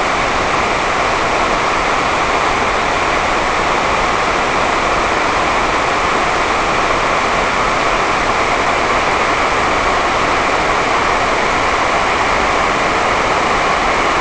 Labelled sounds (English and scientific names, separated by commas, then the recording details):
none
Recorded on Arctic tundra, site NAIT-1, on 28 June 2018
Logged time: 11:00